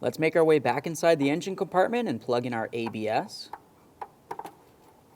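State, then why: Not seated. Someone talks while the ABS wheel speed sensor wiring plug of a 2002-2005 Ford Explorer is brought to its mating plastic vehicle harness connector in the engine compartment during a wheel hub assembly replacement. After the talking stops, a few brief handling ticks sound at about 4.0, 4.3 and 4.4 seconds. The plug has not seated or clicked into the connector yet.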